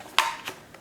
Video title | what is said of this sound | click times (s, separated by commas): Elite Aerosport Rebel Pro Build | then you just do the whole put it in locks | 0.2 s